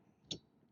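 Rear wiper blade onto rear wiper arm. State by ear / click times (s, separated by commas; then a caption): seated / 0.3 s. A new rear wiper blade on a 2018-2021 GMC Terrain is hooked onto the rear wiper arm through the hole and slid forward until it locks. A sharp click is heard at 0.3 s, followed by a faint tick at 0.7 s. The blade is seated on the arm.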